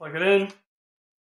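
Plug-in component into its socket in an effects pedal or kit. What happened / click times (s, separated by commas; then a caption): The plug-in part is being handled and has not seated yet / none. A plug-in component is being fitted into its socket in an effects pedal or kit build. Someone talks briefly during the first 0.6 seconds, then the rest of the clip is silent. Nothing has seated or clicked yet.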